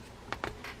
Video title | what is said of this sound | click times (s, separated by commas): Daiwa 500C Ultra light fishing reel how to take apart and service | one, I heard a nice snap. | 0.3 s, 0.4 s